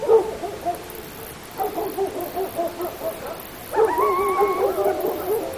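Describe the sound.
Coyote howling: several wavering, quavering howls that overlap at times, with a constant hiss behind them.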